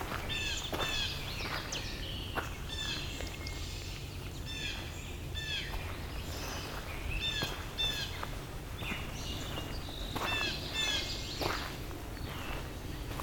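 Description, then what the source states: Blue Jay calls: repeated harsh, slurred notes. Several blue jays arriving, their calls the main sound; Carolinian forest in Dundas Valley below the Niagara Escarpment, Hamilton, Ontario.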